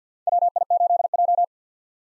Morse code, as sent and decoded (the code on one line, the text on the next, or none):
.-- .. ---.. .---
WI8J